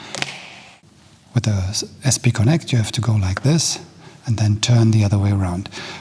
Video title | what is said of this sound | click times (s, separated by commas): Best Motorcycle Phone Mount? SP Connect vs Quad Lock vs Peak Design – Real Rider Comparison | tout seul, mais vous devez attendre ce bruit de clic jusqu'à ce qu'il soit vraiment sécurisé | 0.2 s